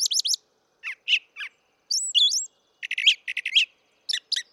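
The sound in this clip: Brown thrasher singing a rapid series of varied phrases, with slurred whistles, sharp chirps and quick repeated notes separated by short gaps.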